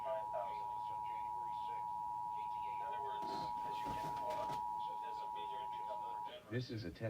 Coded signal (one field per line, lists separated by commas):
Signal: Emergency Alert System (SAME) tones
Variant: 853 and 960 Hz attention tone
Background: speech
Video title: Arizona Monthly Test Day! (EAS#143-147)